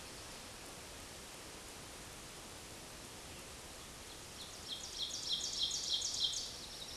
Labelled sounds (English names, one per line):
Ovenbird song